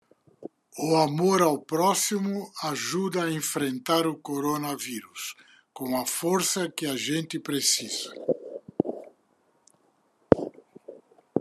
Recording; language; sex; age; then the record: spoken sentence; Brazilian Portuguese; male; 80 to 89 years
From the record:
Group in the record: control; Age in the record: 81 years